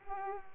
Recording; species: mosquito wingbeat signal from an infrared sensor; Culex pipiens